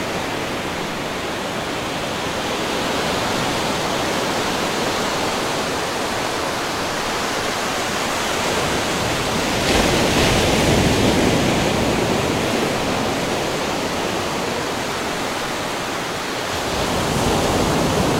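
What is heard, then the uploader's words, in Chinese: Ocean sound: a dense, steady rush of surf fills the whole clip, hissing and full from low rumble to bright spray. It swells noticeably around ten seconds and again near the end, then eases back. 睡眠和放松的海洋之声｜白噪音。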